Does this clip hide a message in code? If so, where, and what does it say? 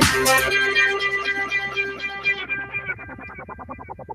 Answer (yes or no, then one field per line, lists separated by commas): no